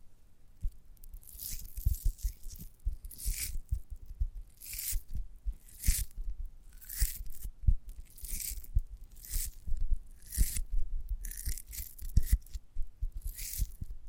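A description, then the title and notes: Chewing and biting on a giant gummy bear, with wet, sticky smacks and tearing sounds in bursts of roughly one to two seconds. Soft low thumps mark each bite and jaw movement, and short quiet gaps fall between them through to the end. ASMR of a Giant Gummy Bear (No Talking).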